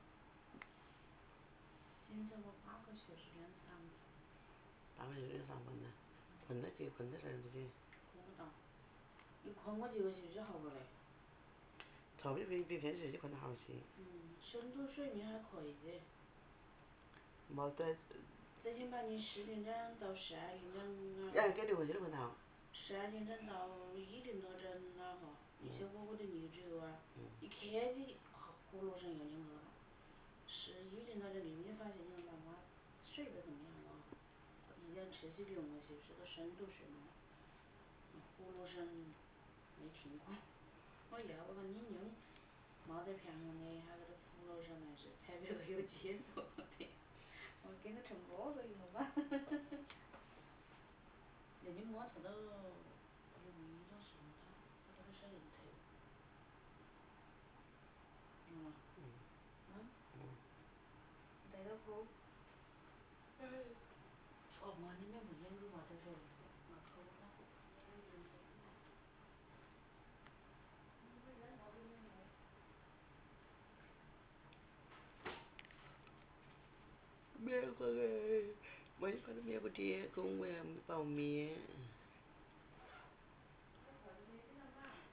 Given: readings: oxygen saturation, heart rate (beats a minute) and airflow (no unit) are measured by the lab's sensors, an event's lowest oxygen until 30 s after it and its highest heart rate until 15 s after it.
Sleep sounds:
a person awake in a sleep study, by a voice recorder at the bedside; none
0.00-85.13 s: awake
0.00-85.13 s: awake
From the record:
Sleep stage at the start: awake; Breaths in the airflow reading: 35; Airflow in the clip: -0.7 to 0.7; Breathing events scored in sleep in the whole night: 328 in 6.3 hours asleep

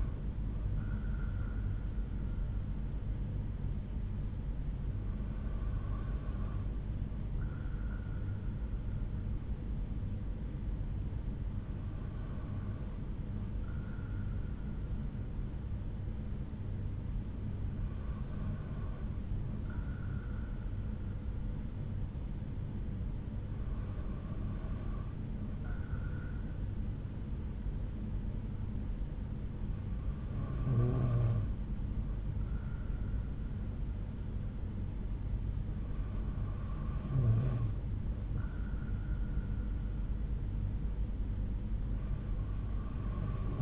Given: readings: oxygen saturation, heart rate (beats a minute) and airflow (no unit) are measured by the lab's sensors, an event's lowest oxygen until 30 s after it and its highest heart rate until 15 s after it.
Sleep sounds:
breathing in sleep by a smartphone at the bedside; none
none scored
From the record:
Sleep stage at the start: N2 (light sleep); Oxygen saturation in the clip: 92 to 93%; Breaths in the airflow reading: 7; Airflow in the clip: -3.7 to 3.3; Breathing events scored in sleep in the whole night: 368 in 8.0 hours asleep

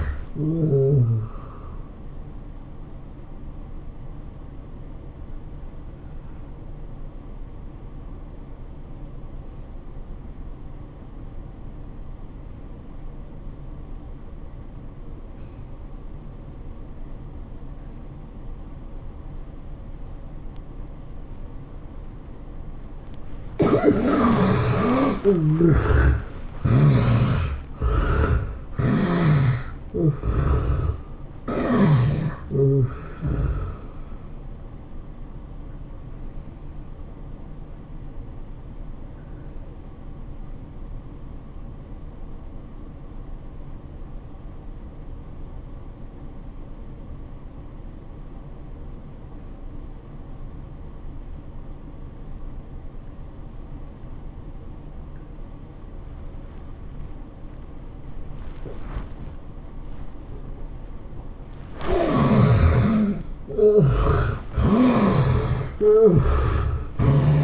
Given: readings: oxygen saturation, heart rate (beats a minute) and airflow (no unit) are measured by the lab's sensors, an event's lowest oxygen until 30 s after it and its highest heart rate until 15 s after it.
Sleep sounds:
breathing in sleep by a smartphone at the bedside; 2
1.00-67.44 s: new sleep stage, N1 (lightest sleep)
12.00-24.30 s: obstructive apnea (N1, oxygen 95% highest, then 70% lowest, heart rate 92 at the start, 108 highest)
41.00-61.60 s: obstructive apnea (N1, oxygen 92% highest, then 75% lowest, heart rate 84 at the start, 110 highest)
From the record:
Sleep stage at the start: N2 (light sleep); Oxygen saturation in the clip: 70 to 95%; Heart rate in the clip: 76 to 108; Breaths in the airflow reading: 8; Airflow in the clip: -15.8 to 13.5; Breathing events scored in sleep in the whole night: 403 in 5.5 hours asleep

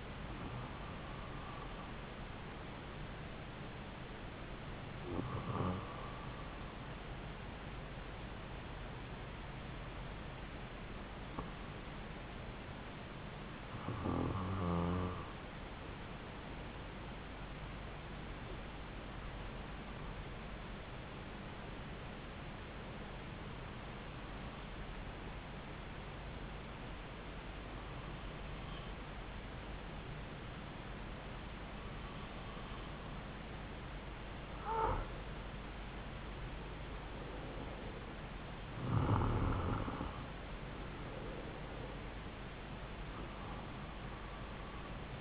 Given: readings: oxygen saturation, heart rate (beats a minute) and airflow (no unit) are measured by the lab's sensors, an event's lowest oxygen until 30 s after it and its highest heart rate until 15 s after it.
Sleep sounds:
breathing in sleep by a voice recorder at the bedside; 1
7.00-32.00 s: hypopnea (N2, oxygen 96% highest, then 93% lowest)
From the record:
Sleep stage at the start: N2 (light sleep); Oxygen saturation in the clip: 92 to 96%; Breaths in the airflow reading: 11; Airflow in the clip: -3.5 to 3.7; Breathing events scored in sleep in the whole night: 270 in 6.1 hours asleep

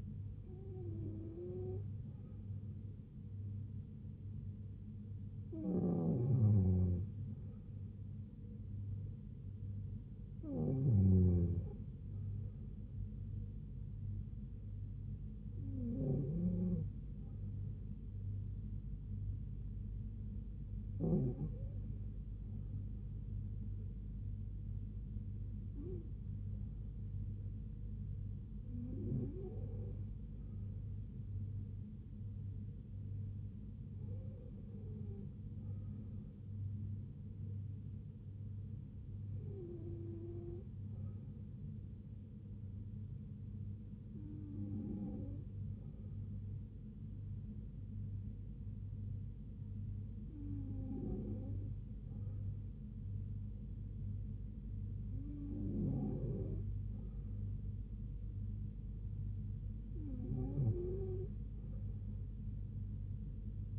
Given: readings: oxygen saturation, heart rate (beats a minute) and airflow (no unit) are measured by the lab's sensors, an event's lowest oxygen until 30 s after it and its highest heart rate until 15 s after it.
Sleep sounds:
breathing in sleep by a smartphone at the bedside; none
none scored
From the record:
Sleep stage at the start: N2 (light sleep); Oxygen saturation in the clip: 92 to 93%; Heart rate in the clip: 71 to 78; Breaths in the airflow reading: 13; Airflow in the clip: -3.1 to 2.8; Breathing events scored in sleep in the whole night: 158 in 7.3 hours asleep

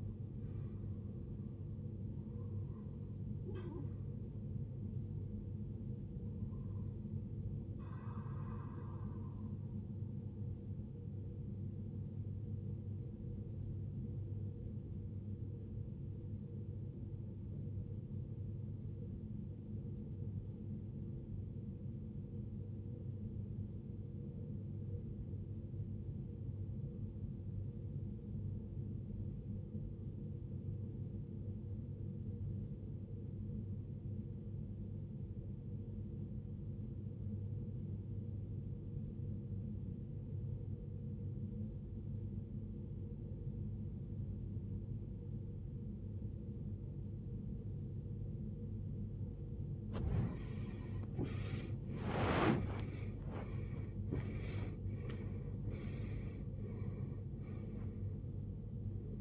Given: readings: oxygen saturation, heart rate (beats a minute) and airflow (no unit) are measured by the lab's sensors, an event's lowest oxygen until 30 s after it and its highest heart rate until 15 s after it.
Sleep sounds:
breathing in sleep by a smartphone at the bedside; 1
13.00-51.70 s: obstructive apnea (REM, oxygen 94% highest, then 81% lowest, heart rate 51 at the start, 89 highest)
From the record:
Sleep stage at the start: REM sleep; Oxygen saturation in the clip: 80 to 94%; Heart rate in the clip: 47 to 87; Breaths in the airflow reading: 8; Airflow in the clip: -17.9 to 18.2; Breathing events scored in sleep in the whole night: 389 in 6.3 hours asleep

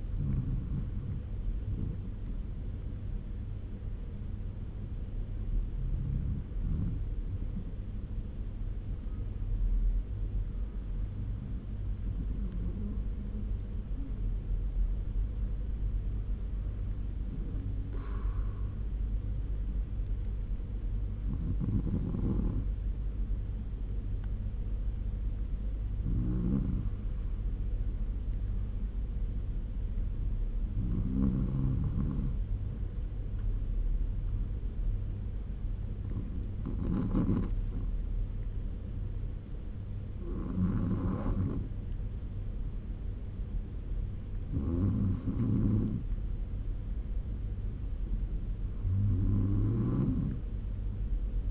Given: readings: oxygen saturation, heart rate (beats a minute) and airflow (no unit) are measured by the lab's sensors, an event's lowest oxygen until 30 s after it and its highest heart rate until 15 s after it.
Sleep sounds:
breathing in sleep by a smartphone at the bedside; none
18.00-51.51 s: new sleep stage, N2 (light sleep)
From the record:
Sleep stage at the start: N1 (lightest sleep); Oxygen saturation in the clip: 94 to 95%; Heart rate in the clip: 68 to 78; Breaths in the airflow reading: 11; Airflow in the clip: -4.6 to 6.5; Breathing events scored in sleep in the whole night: 201 in 6.5 hours asleep

